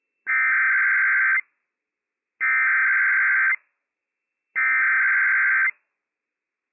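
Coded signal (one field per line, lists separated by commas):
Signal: Emergency Alert System (SAME) tones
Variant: header bursts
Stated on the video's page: Required monthly test from county emergency management via WWF56, covering Benton, Franklin and Walla Walla counties, WA; operational EAS tones.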